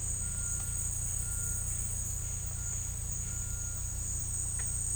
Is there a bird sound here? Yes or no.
no